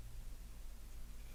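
A SIM card is lined up at the SIM slot of a 9Tong Q90 kids smartwatch, oriented the right way before being pushed home. Only a quiet, steady rustle over low hum is heard. Nothing has seated or clicked yet.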